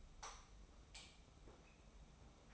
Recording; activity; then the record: daily activity, microphone in the room; light off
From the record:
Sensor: 1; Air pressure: 991.0 hPa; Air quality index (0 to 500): 108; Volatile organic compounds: 94 ppm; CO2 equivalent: 3716 ppm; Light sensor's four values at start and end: 26/66/27/29 and 23/51/22/24